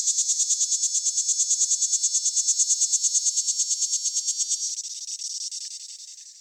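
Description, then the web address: Hadoa parallela song: a loud, very high, buzzy pulsing trill of rapid, regular pulses, becoming weaker and hissier after about five seconds. Arizona, United States; recording filtered. "100 th meridian cicadas songs. US AZ. Hadoa parallela"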